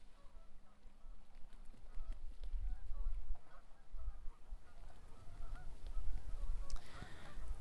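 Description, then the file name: Goose: honking, short nasal honks in irregular bursts over a steady low rumble, with a brief louder rustle near the end. "2019 Winter Geese Podcast"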